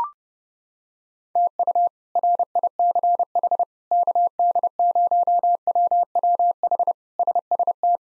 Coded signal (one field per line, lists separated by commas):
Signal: Morse code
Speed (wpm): 30 wpm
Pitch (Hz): 700 Hz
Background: none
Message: TU RICH KD0WWH SST